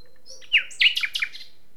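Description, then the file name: Common nightingale short phrase of bright slurred chirps, a few quick descending notes fading at the end. "Luscinia megarhynchos"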